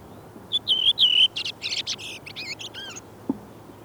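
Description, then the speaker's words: Redwing song: three loud, clear whistled notes, followed by a burst of scratchy, squeaky twittering. Arrives around the same time as the chaffinch; one of the commonest birds yet little known; song starts with a far-carrying flute-like phrase, ends in quiet squeaky twittering; singing style varies, with local dialects. "Punakylkirastas laulaa näin."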